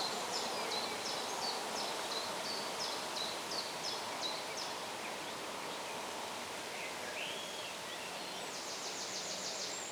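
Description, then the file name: Bird chirping: short high chirps repeated about three times a second for several seconds, a brief warbled phrase, then a rapid high trill, over steady hissing background noise. Birds chirping in the shade. "ASMR Bird Sounds - Birds Chirping in the Shade"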